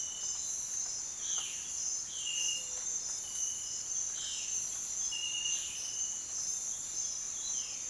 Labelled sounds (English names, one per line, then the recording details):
Violaceous Jay
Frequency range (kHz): Violaceous Jay 2.0-4.3 kHz
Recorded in dense forest near Puerto Asís, Putumayo, Colombia, on 18 February 2024 at 06:30
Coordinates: 0.502, -76.326
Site G6460